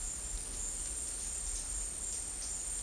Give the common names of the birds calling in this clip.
none